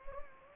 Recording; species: mosquito wingbeat signal from an infrared sensor; Anopheles gambiae